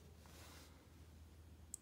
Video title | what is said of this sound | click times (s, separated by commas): Airis Turboo Cartridge Vaporizer Unboxing and Review | see it has this button right here so when you click it the part where you're screwing the cartridge pops out | 1.7 s